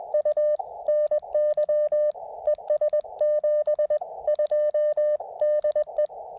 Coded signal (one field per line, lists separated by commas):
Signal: Morse code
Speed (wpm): 20 wpm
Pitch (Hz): 590 Hz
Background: none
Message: U NY ES 72 DE